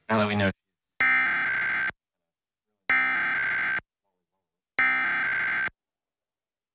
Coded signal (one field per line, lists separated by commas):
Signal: Emergency Alert System (SAME) tones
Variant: header bursts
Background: speech